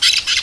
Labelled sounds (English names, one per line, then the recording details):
Brown-throated Parakeet contact call
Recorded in Venezuela
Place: Guárico; Corozopando; Fundo La Fe
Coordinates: 8.506, -67.593